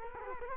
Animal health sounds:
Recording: mosquito wingbeat signal from an infrared sensor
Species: Culex quinquefasciatus

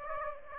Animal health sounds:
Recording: mosquito wingbeat signal from an infrared sensor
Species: Aedes aegypti

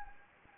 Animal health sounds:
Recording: mosquito wingbeat signal from an infrared sensor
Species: Anopheles gambiae

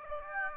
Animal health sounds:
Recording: mosquito wingbeat signal from an infrared sensor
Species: Aedes aegypti

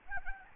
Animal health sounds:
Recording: mosquito wingbeat signal from an infrared sensor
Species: Aedes albopictus

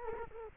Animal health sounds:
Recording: mosquito wingbeat signal from an infrared sensor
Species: Culex quinquefasciatus

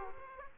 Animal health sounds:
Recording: mosquito wingbeat signal from an infrared sensor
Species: Aedes aegypti

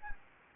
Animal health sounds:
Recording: mosquito wingbeat signal from an infrared sensor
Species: Anopheles gambiae

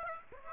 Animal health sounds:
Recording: mosquito wingbeat signal from an infrared sensor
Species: Aedes aegypti

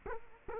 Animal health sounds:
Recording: mosquito wingbeat signal from an infrared sensor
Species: Culex quinquefasciatus

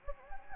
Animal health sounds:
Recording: mosquito wingbeat signal from an infrared sensor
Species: Anopheles gambiae

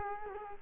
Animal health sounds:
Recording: mosquito wingbeat signal from an infrared sensor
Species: Culex quinquefasciatus

